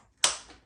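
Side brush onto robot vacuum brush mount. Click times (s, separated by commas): 0.2 s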